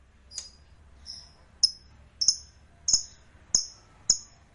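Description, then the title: Lovebird calls: seven short, sharp high chirps spaced roughly half a second apart, each with a brief falling tail. "Suara Lovebird"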